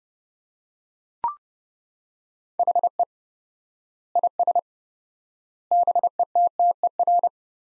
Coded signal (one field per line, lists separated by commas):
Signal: Morse code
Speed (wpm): 28 wpm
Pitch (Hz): 700 Hz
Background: none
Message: HE IS BETTER